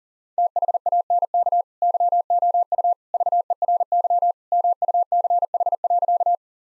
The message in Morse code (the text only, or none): THANK YOU VERY MUCH.